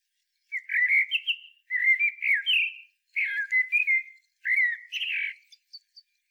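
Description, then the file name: Common blackbird song: four warbling fluted phrases about a second apart, each a cluster of wavering whistles, with a few high ticks at the end. "Turdus merula"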